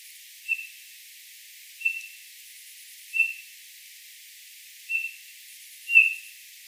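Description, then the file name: Eurasian bullfinch calls: soft, low whistled piping notes, five of them at irregular intervals of one to two seconds, over faint hiss. "Pyrrhula pyrrhula"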